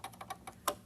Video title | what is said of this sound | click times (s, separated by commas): Crafting with Opal: Getting to know your sewing machine | gonna move that thread out of my way and you're gonna open this it's gonna click into place and | 0.7 s